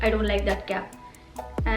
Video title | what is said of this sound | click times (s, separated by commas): Swatches and Tutorial 💚 😈 Colourpop x The GRINCH Collection 🛷 🎄 | Видите, колпачок не фиксируется. | none